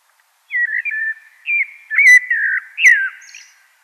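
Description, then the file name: Common blackbird song of low, mellow fluting whistles in several slurred notes, with a couple of brief sharp ticks in between. "Turdus merula"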